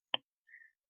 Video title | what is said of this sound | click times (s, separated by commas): खराब Led bulb ठीक करना सीखें ✅ ऐसे कोई नहीं सिखाएगा 100% गारंटी देता हूँ - Led bulb repairing | लॉक कर दिया है, आसानी से लॉक हो जाता है। | 0.1 s